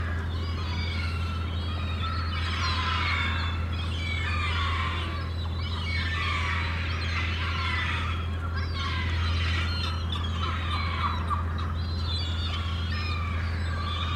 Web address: The Sound Pack Tree - Sonic Seaside - Crazy Harbor Seagulls